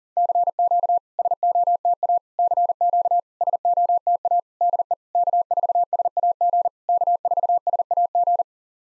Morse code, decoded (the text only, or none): CQ SOTA CQ SOTA DE K4SAG K4SAG